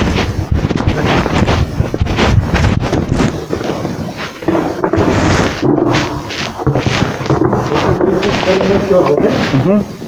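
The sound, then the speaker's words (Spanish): Rain falls steadily while gusty wind roars and buffets the microphone, a loud, continuous wash of noise with voices speaking intermittently over it. “Ahorita está cayendo agua, ¿eh?”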